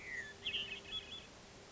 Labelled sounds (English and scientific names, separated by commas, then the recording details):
Hermit Thrush (Catharus guttatus)
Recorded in Sonoma County, California